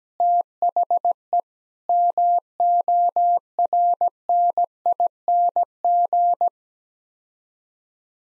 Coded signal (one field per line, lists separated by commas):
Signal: Morse code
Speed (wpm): 17 wpm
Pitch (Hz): 700 Hz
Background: none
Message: THE MORNING